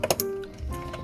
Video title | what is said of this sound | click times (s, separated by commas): Cara Ganti Busi Nissan Evalia | sampai klik. | 0.1 s, 0.2 s